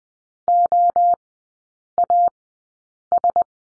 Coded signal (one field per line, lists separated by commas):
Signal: Morse code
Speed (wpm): 20 wpm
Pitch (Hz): 700 Hz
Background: none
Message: OAS